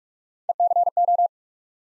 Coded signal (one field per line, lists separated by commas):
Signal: Morse code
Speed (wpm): 44 wpm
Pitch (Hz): 700 Hz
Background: none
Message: ECO